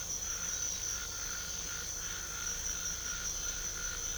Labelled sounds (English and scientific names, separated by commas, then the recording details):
none
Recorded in pastures near Puerto Asís, Putumayo, Colombia, on 18 December 2024 at 04:00
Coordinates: 0.497, -76.327
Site G088